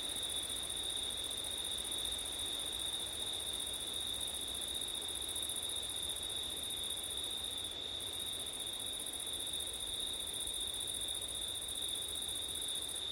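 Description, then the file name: Crickets keep up a steady high trill for the whole stretch, the shrillest layer briefly stopping once, against a constant gentle wind. Crickets recorded on a September night with wind. "crickets wind september night ortif"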